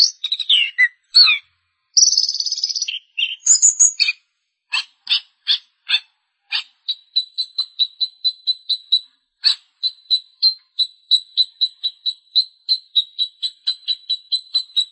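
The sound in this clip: Long-tailed shrike song opening with varied scratchy and whistled phrases, then settling into a long, even series of quick high ticking notes.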